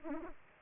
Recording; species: mosquito wingbeat signal from an infrared sensor; Aedes aegypti